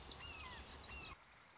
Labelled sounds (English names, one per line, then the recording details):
Red-shouldered Hawk
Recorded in Sonoma County, California